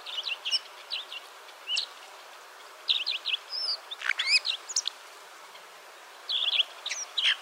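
Alpine accentor: bursts of high, quick chirps and short warbled notes, with a quiet pause near the end before the chirping resumes.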